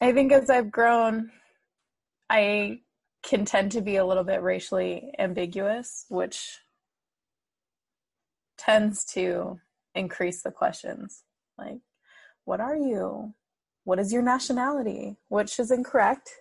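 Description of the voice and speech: A woman speaks clearly and fluently in a relaxed conversational voice with natural pauses; typical adult speech.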